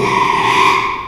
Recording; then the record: squeal of a Yucatan mini pig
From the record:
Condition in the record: after surgery on the right vocal fold (resection and tissue-engineered implant); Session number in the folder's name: 1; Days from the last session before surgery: 6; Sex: male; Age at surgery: 12 weeks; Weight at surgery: 13 kg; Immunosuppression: cyclosporine, prednisolone